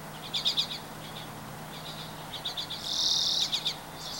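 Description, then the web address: Bird chirps in quick high clusters, then a loud, even, buzzy trill held briefly before more chirping resumes. Recorded 24 April 2023. "gemlog starlog audio birds 20230424"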